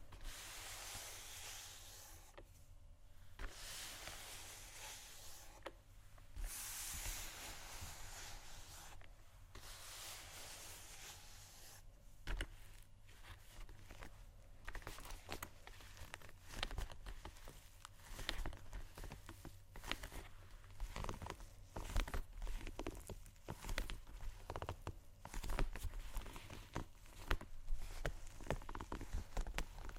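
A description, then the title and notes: Shoes scratch and tap in an uneven, busy stream of short scrapes and clicks, with a low rumble running underneath. The first ten seconds bring longer bright scraping bursts; later the taps grow denser and sharper, with frequent crisp hits toward the end. ASMR Shoes Scratching & Tapping（No Talking）.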